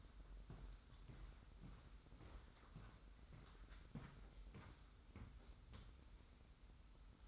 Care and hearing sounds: daily activity, microphone in the room; walk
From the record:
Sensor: 3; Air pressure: 990.6 hPa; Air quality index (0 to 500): 168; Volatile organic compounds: 1000 ppm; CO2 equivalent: 5439 ppm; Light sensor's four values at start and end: 41/96/39/37 and 41/98/40/38

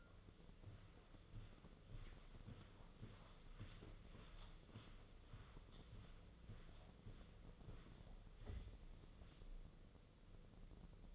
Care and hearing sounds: daily activity, microphone in the room; walk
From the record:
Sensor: 4

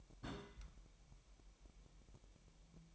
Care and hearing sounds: daily activity, microphone in the room; place on stove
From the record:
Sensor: 1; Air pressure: 1002.0 hPa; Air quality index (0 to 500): 246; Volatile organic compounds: 50 ppm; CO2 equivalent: 3290 ppm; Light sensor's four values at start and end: 5/12/5/6 and 5/12/5/6

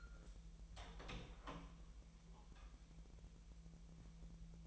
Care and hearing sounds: daily activity, microphone in the room; open door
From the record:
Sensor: 1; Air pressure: 1001.5 hPa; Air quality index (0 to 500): 250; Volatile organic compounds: 129 ppm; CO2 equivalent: 3922 ppm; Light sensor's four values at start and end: 13/31/13/14 and 13/31/13/14

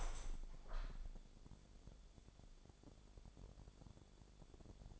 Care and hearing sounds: daily activity, microphone in the room; open window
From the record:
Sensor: 5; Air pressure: 1000.6 hPa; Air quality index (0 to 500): 144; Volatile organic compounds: 2 ppm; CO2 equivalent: 1112 ppm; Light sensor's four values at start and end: 41/97/40/44 and 41/96/40/44

